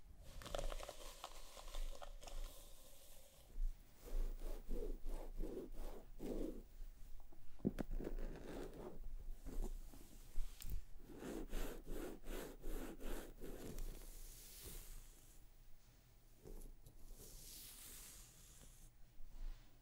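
Someone massages a scalp and brushes hair, with repeated rough scratchy strokes in bursts, a steady low hum, and a brighter swishing sweep near the end.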